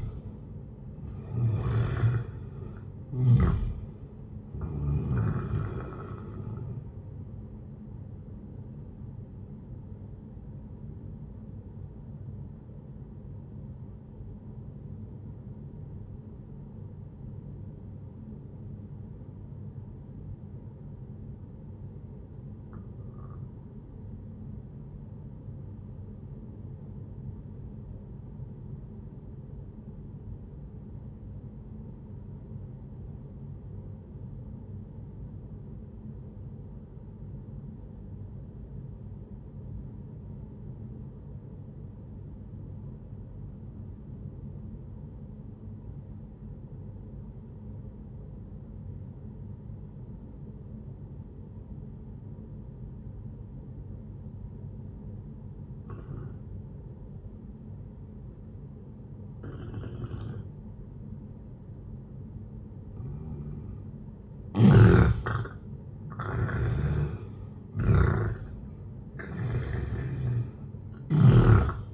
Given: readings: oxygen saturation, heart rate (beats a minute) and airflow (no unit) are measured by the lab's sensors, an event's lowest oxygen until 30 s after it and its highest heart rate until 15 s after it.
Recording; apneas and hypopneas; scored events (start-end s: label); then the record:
breathing in sleep by a smartphone at the bedside; 1
17.00-64.50 s: obstructive apnea (N2, oxygen 97% highest, then 89% lowest, heart rate 59 at the start, 78 highest)
41.00-71.94 s: new sleep stage, N1 (lightest sleep)
From the record:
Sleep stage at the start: N2 (light sleep); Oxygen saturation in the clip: 89 to 97%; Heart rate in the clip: 58 to 79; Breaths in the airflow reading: 5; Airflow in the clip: -12.0 to 14.5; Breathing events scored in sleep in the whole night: 131 in 7.2 hours asleep